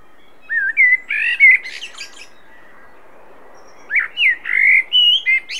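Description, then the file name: Common blackbird giving two mellow warbled phrases separated by a pause, the first ending in a short squeaky twitter. "Turdus merula"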